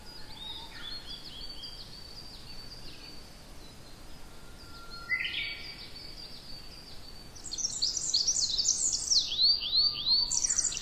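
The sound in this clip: Tree pipit song: faint high notes at first, then from about seven seconds a loud burst of fast trilled phrases and descending slurred whistles.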